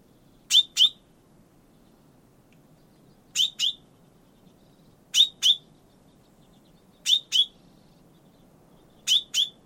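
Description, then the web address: Bird repeating a doubled sharp high chip five times at intervals near two seconds, steady low noise underneath. "Bird Only"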